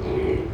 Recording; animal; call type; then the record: contact call of a hoofed animal; pig; closed-mouth grunt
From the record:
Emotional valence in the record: negative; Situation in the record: short social isolation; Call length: 0.54 s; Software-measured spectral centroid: 1320 Hz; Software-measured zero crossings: 790 a second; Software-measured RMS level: -24 dBFS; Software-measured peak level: -13 dBFS